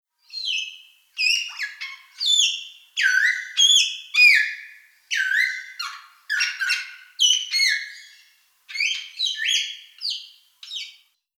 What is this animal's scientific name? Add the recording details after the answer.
Coracopsis vasa. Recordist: Tembrock, Günter. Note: Rufe eines Paares